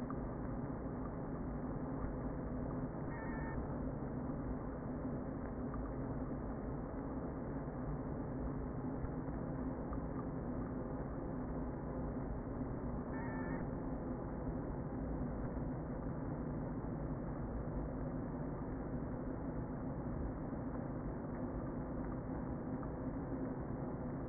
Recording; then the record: honeybee colony, microphone inside the hive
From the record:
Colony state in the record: queen present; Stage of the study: before two queens were removed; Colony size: about 60,000 bees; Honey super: yes